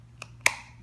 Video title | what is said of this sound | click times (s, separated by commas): DTG WIMS Motor Replacement | there we go snaps right in | 0.5 s